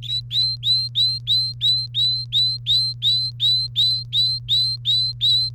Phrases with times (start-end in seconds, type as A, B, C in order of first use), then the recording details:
0.03-5.49 A. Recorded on 30 April 2018 at 17:49. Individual llb3